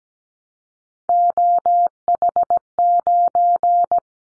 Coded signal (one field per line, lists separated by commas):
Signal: Morse code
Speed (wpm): 17 wpm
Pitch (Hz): 700 Hz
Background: none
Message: OH9